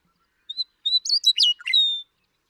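Western meadowlark song: a clear whistled opening note, then a quick tumble of flute-like whistles ending in a long slurred whistle.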